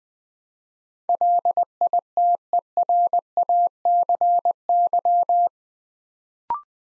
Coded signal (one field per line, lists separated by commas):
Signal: Morse code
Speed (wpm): 20 wpm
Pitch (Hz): 700 Hz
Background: none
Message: LITERACY